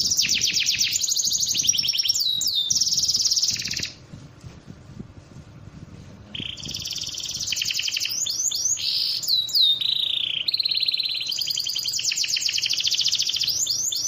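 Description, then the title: Bird song: rapid high trills and downslurred whistles, a quiet gap, then more trills and whistles. Described as the most complete 'masteran' bird sound compilation. "Masteran burung terlengkap"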